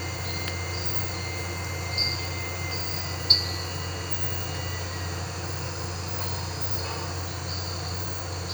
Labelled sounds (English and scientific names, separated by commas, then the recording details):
none
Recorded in pastures near Puerto Asís, Putumayo, Colombia, on 12 March 2025 at 05:00
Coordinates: 0.466, -76.322
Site CSA-02